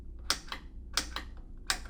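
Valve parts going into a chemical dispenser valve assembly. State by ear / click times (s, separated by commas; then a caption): seated / 0.3 s, 1.0 s, 1.7 s. Plastic valve parts are pressed together into a chemical dispenser valve assembly, and three sharp clicks are heard at 0.3, 1.0 and 1.7 seconds, each followed about 0.2 seconds later by a softer click. The little audible click shows the valves are assembled correctly and seated.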